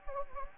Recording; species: mosquito wingbeat signal from an infrared sensor; Anopheles gambiae